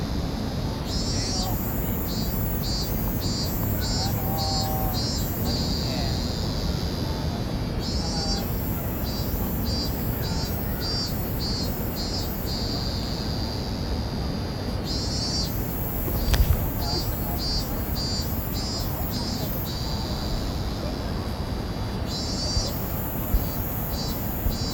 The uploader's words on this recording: Field-recorded at the plaza in front of Tokyo Sta. An ambient track arranged by kaolu_euphony from the sound materials field-recorded at several places in Tokyo.